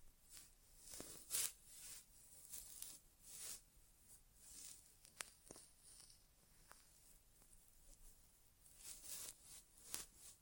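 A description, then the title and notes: An ASMR inner ear exam with no talking: soft, close rustling and brushing sounds come in short bursts, bright and hissy, roughly every second or two. A few sharper clicks or taps stand out near five and ten seconds, over quiet gaps between. ASMR Inner Ear Exam (No Talking).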